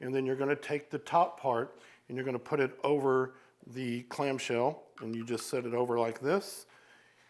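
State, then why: Not seated. Someone talks while the plastic top half of a clamshell holder is set over the clamshell containing a handheld fan remote for a Craftmade UCI-2000 and UCI-2002. The cover has not yet been pressed down, and nothing has seated or clicked yet.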